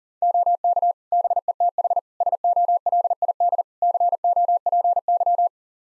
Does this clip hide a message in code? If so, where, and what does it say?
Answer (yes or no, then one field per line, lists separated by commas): yes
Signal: Morse code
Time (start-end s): 0.2-5.5 s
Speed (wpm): 37 wpm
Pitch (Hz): 700 Hz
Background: none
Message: OK BETH SOLID COPY